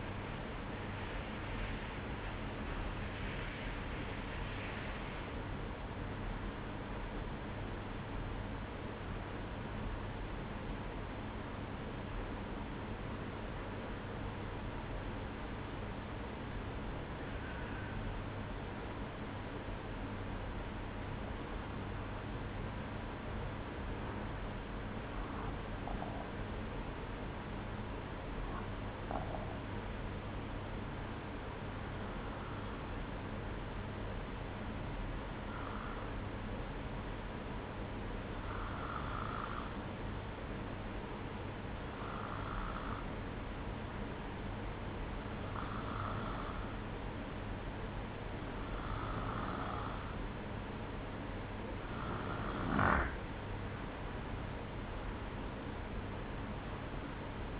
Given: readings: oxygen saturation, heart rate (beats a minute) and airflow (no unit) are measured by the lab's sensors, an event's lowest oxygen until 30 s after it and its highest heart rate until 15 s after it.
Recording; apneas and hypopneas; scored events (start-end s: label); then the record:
breathing in sleep by a voice recorder at the bedside; 1
7.00-50.40 s: hypopnea (N1, oxygen 95% highest, then 92% lowest, heart rate 58 at the start, 61 highest)
17.00-47.00 s: new sleep stage, N2 (light sleep)
47.00-57.60 s: new sleep stage, N1 (lightest sleep)
From the record:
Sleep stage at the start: N1 (lightest sleep); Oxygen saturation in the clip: 92 to 95%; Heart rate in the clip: 57 to 64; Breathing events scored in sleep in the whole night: 305 in 9.6 hours asleep